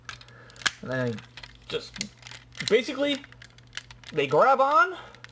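A plastic wheel and leg panel is being folded back into the body of a Masterpiece MP-33 Inferno fire truck transforming robot toy, so the wheel sections grab on. Someone talks while light plastic taps and clicks sound, the sharpest near 0.7 s and 3.8 s. The panel has not yet locked into place and nothing has seated or clicked yet.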